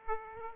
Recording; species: mosquito wingbeat signal from an infrared sensor; Aedes aegypti